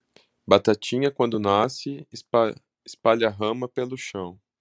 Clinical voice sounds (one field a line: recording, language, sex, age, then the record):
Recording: short text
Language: Brazilian Portuguese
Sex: male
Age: 30 to 39 years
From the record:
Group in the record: control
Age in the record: 31 years